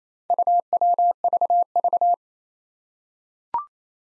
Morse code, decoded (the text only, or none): UWVV